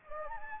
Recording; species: mosquito wingbeat signal from an infrared sensor; Anopheles gambiae